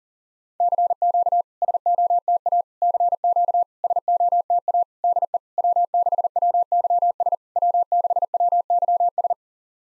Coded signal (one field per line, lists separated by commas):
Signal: Morse code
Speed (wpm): 44 wpm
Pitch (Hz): 700 Hz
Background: none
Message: CQ SOTA CQ SOTA DE W6WYS W6WYS